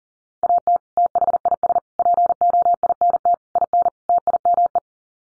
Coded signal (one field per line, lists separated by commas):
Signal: Morse code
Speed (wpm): 40 wpm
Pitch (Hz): 700 Hz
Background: none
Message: AT THIS POINT IN TIME